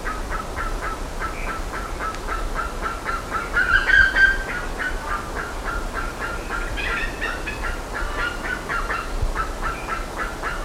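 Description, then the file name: Bird calls: a long series of harsh, clipped notes repeated rapidly, with louder ringing, harmonic-rich bursts around four and seven seconds over a low rumbling background. "SABIOD 50 bird 2015"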